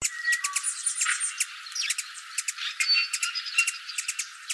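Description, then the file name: Ruby-throated hummingbird calls: rapid clicking chips in dense clusters. Calls of a female, Arizona. "RTHU CALLS FEM. deviche"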